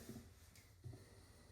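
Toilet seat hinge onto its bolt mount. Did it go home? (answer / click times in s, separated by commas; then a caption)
no / none. A Bemis quick-connect toilet seat's plastic hinge is being handled onto its bolt mount, pushed down and turned back straight up so it will lock in place. Quiet low handling rustles are heard, with a faint brief tick around 0.6 s and a soft low bump near 0.9 s. Nothing has seated or clicked yet.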